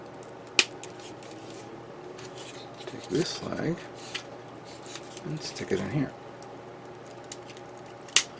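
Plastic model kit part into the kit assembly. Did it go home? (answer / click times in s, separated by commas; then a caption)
yes / 8.2 s. A plastic part from a 1/100 MG ZZ Gundam Ver Ka gunpla model kit is pushed into its socket in the kit assembly while someone talks, with a sharp tick at 0.6 s and soft rubbing and handling in between. At 8.2 s a crisp snap is heard as the part clicks and seats into place.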